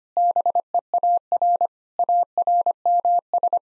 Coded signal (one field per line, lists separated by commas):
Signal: Morse code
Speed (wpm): 25 wpm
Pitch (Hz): 700 Hz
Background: none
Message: BEAR ARMS